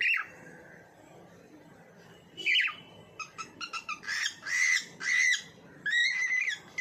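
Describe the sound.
Bird giving one call, a pause, then harsh squawky notes, a quick rattling series and loud grating bursts.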